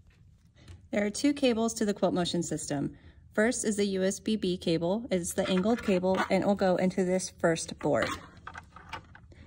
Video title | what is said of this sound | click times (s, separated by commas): How to Troubleshoot Unable To Connect Errors in QCT | this one is a little difficult to get in so you just want to make sure that it goes in and clicks | 8.5 s